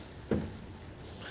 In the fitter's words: locks into place and then from the bumper